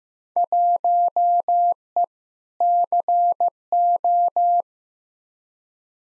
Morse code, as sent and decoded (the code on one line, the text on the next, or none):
.---- . / -.-. ---
1E CO